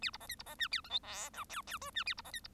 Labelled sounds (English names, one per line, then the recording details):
Bengalese Finch song
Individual Bird1